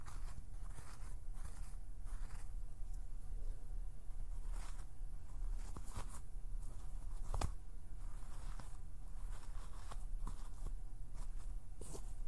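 Plucking, pinching and finger fluttering make a run of short, bright clicks and snaps scattered unevenly over a steady low rumble. The sharpest snaps land near 6 and 7.5 seconds. Between them come clusters of softer fluttering ticks, with no lasting tone.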